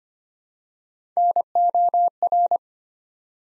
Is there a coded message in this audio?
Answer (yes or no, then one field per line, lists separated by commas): yes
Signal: Morse code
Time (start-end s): 1.2-2.6 s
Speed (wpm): 25 wpm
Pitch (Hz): 700 Hz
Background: none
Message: NOR